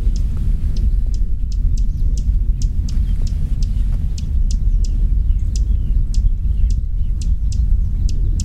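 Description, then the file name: Dusky warbler calls: short, hard clicking tack notes repeated in a steady series over a steady low rumble. "warbler-dusky -Phylloscopus-fuscatus"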